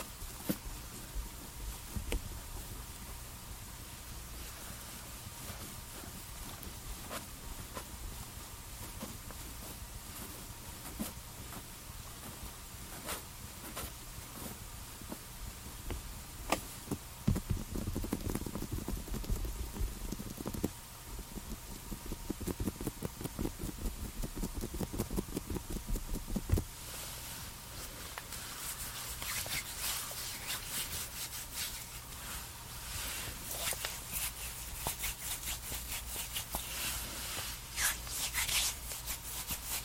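Skincare and makeup sounds: a steady low hum runs beneath scattered soft clicks, taps and brushing scratches. Around 17 to 26 seconds a denser rustling, rubbing patch thickens the sound, and after about 27 seconds brighter, crisp crackling and tapping takes over until the end.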